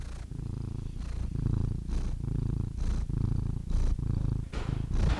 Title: The Ultimate Compilation of Adorable Cat Meows #CatMeows #CuteKittens